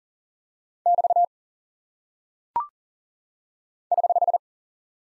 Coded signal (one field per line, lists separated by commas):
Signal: Morse code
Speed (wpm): 40 wpm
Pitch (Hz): 700 Hz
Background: none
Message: <BT> <HH>